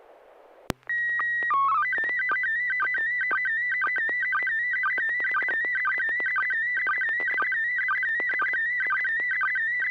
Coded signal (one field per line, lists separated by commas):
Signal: SSTV (slow-scan television)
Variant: PD 120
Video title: N6NA SSTV Net - 09/04/2024 - Part 2